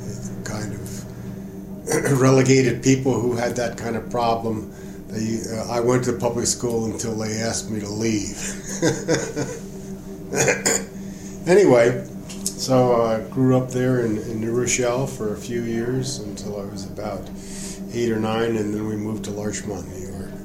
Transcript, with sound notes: It kind of relegated people who had that kind problem. I went to public school until they asked me to leave. [laughter] Anyway, I grew up there in New Rochelle for a few years until I was about eight or nine and then we moved to Larchmont, New York.